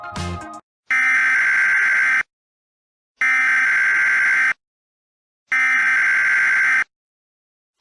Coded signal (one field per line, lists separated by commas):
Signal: Emergency Alert System (SAME) tones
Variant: header bursts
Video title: EAS Scenario: Cailou The Killer